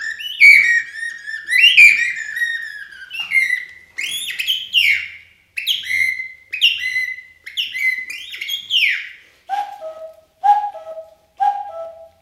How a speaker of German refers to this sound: Dann wird's langsam hell. Die ersten Vögel.